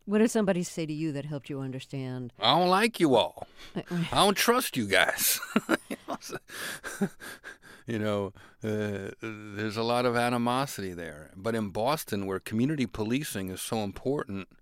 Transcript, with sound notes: What did somebody say to you that helped you understand?
I don't like you all. I don't trust you guys. (Laughter) You know, there's a lot of animosity there. But in Boston where community policing is so important,